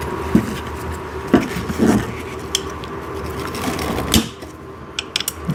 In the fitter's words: that kind of clicks into place.